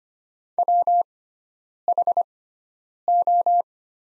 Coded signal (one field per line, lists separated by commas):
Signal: Morse code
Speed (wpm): 25 wpm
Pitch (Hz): 700 Hz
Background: none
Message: WHO